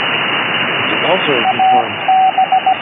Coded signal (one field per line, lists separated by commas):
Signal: Morse code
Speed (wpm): 16 wpm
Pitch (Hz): 760 Hz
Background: speech, radio noise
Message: A B